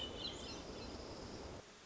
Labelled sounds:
Hermit Thrush
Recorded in Sonoma County, California

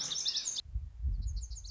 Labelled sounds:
Lazuli Bunting
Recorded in Sonoma County, California

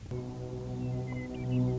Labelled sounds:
Western Meadowlark
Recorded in Sonoma County, California

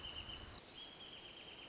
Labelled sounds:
Wrentit
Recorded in Sonoma County, California

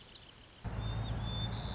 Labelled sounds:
White-crowned Sparrow
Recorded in Sonoma County, California

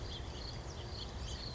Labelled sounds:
House Finch
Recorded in Sonoma County, California

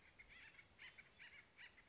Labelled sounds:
Acorn Woodpecker
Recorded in Sonoma County, California

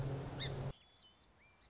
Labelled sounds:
Song Sparrow
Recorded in Sonoma County, California

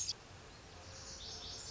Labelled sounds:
Lazuli Bunting
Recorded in Sonoma County, California

